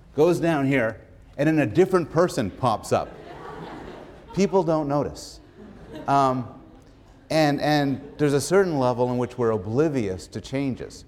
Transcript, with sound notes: Goes down here and then a different person pops up. [laughter] People don't notice. And there's a certain level on which we're oblivious to changes.